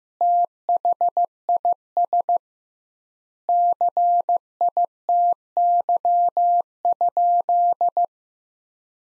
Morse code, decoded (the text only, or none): THIS CITY?